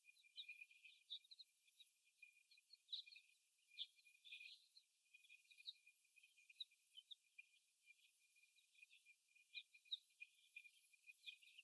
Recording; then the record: young laying hens in a cage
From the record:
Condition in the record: after the stressor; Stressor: simulated dog barking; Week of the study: 1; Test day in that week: 1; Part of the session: 3